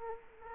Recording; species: mosquito wingbeat signal from an infrared sensor; Culex quinquefasciatus